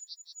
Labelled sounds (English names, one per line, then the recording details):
Yellowhammer song
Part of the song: start
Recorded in the Czech Republic on 23 April 2015
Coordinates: 16.260, 16.263
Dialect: BC
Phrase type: B15
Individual ch029